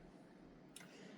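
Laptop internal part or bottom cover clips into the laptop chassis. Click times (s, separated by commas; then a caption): 0.8 s. While reassembling a laptop, an internal part or the bottom cover is pressed home so the clips around the side engage with the chassis. A single sharp tick is heard at 0.8 s over a quiet, steady background, and the part is seated perfectly.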